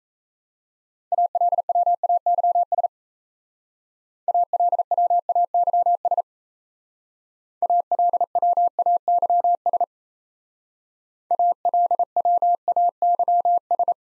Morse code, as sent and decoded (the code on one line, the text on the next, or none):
.- .-.. .-- .- -.-- ... / .- .-.. .-- .- -.-- ... / .- .-.. .-- .- -.-- ... / .- .-.. .-- .- -.-- ...
ALWAYS ALWAYS ALWAYS ALWAYS